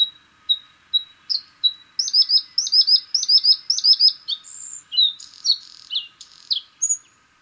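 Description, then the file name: Bluethroat song: a few spaced high notes, then rapid repeated ringing doublets, breaking into a varied jumble of sharp, buzzy and whistled phrases. "Gorgebleue-à-miroir-Luscinia-svecica"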